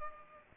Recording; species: mosquito wingbeat signal from an infrared sensor; Culex pipiens